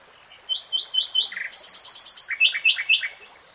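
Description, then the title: Nightingale song: quick repeated rising whistles, a fast burst of high chattering notes, then more repeated sweeping whistles. "[Tiếng chim hót] REALTIME Nightingale Singing"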